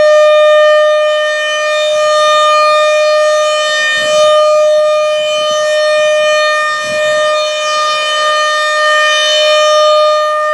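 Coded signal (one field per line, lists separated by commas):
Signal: siren signal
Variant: RM-130 rotating siren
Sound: continuous loud steady siren tone with rich harmonics, gently swelling as it rotates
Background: outdoor wind rumble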